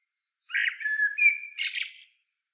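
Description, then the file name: Common blackbird gives a short song phrase of rich, fluting whistles followed by a squeaky, high chattering flourish. "Turdus merula"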